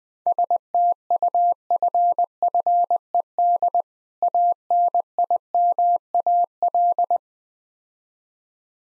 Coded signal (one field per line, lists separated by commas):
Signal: Morse code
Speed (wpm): 20 wpm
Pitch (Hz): 700 Hz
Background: none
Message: STUFFED ANIMAL